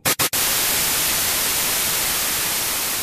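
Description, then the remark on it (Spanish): A steady wash of loud white-noise static hisses across the full range, preceded by two quick cut-outs in the first third of a second before it settles into a constant, unbroken hiss. “Un ruido blanco se hace notar en el ambiente.”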